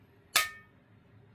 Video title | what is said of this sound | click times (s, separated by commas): Osight SE on A Sig P322 | and we're going to tighten till you hear click. | 0.4 s